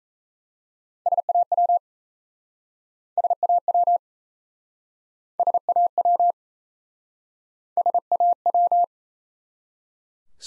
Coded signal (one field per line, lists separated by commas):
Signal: Morse code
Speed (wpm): 37 wpm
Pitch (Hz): 700 Hz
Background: none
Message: SAW SAW SAW SAW